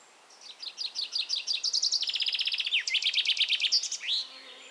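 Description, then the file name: Common chaffinch song, a rattling cascade of quick repeated notes dropping in pitch through several phrases and closing with a short upward flourish. "Fringilla coelebs"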